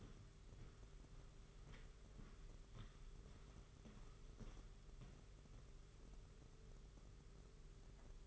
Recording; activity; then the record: daily activity, microphone in the room; walk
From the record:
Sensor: 4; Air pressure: 991.5 hPa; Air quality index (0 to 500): 138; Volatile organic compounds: 56 ppm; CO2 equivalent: 3372 ppm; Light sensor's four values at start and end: 23/77/28/29 and 23/76/28/29